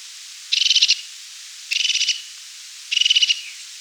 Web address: Crested Tit Call